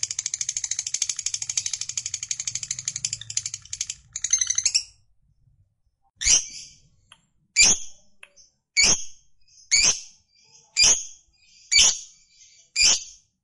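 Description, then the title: Lovebird chatter: rapid high rasping notes for about five seconds, then a series of separate harsh squawks roughly once a second. Lovebird that is reluctant to sing, prompted into spontaneous energetic singing. "LOVEBIRD Malas Bunyi JADI GREGET SPONTAN Langsung NARIK"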